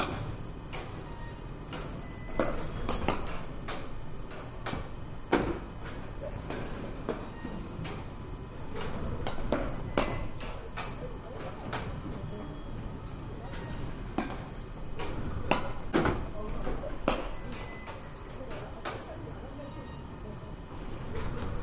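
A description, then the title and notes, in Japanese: Sharp cracks of bats hitting balls ring out at a batting cage, arriving irregularly every second or two, some loud, others fainter. A steady low rumble of machinery fills the background, with occasional murmured voices. バッティングセンターの音です。Sound of batting cage。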